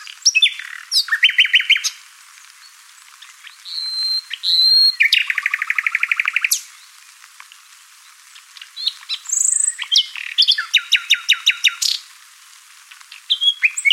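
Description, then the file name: Common nightingale singing rich, fast phrases with rattling repeated notes, a long trill, pauses between bursts, and a later series of rapid repeated notes. "Luscinia megarhynchos"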